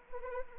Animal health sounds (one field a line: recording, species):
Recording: mosquito wingbeat signal from an infrared sensor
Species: Anopheles arabiensis